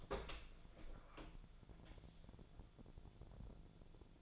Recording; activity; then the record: daily activity, microphone in the room; open door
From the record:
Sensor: 5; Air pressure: 1000.5 hPa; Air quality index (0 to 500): 151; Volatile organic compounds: 2 ppm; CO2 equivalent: 1168 ppm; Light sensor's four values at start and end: 51/119/50/54 and 51/118/50/53